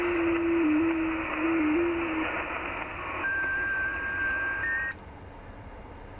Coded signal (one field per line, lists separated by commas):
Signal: FT8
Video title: T30L, Western Kiribati, Pacific Ocean, 10MHz, FT8, Worked by HL2WA